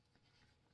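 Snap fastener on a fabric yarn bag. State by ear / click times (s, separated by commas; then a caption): not seated / none. A snap fastener on a fabric yarn bag is handled and pressed, giving a faint continuous rubbing and scratching with a small soft tap near 0.1 s. The snap has not closed or clicked yet, so the fastener is not yet home.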